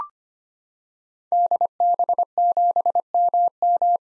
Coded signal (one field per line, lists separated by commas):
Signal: Morse code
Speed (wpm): 25 wpm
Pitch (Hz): 700 Hz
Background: none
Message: DB7MM